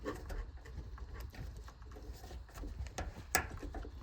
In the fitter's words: Make sure she's all snapped in place.